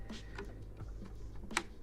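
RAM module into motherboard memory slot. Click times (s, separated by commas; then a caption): 1.6 s. A second 3600 MT/s RAM stick is pressed again into a memory slot on a secondhand motherboard after a possible first click. Faint ticks and handling noise come before a sharp, loud snap at 1.6 s, and the module is confirmed seated.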